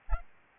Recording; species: mosquito wingbeat signal from an infrared sensor; Aedes albopictus